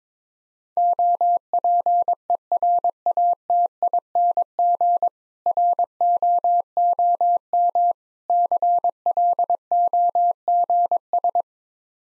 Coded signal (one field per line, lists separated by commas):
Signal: Morse code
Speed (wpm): 22 wpm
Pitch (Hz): 700 Hz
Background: none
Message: OPERATING ROOM CLOGS